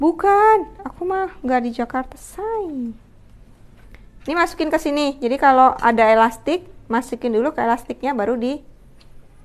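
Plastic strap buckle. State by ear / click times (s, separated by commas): not seated / none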